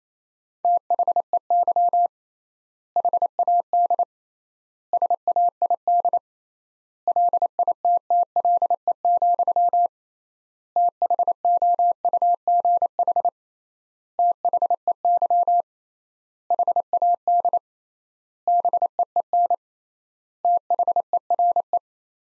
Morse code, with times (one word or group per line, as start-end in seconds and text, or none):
0.6-2.1 THEY
3.0-4.0 HAD
4.9-6.2 SAID
7.1-9.9 LITTLE,
10.8-13.3 THOUGH
14.2-15.6 THEY
16.5-17.6 HAD
18.5-19.5 BEEN
20.4-21.8 THERE